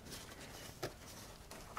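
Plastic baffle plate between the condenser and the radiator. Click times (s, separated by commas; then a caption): 0.8 s, 1.5 s, 1.8 s. A plastic baffle plate on a 2012–2020 Chevrolet Sonic with the Ecotec 1.4L Turbo (RPO LUV), fitted on top of the condenser between the condenser and the radiator during a leaking-radiator replacement, is pressed back into its clips. Over low rustling handling noise, sharp snaps ring out at 0.8 s, 1.5 s and 1.8 s. The baffle plate is snapped fully back into place.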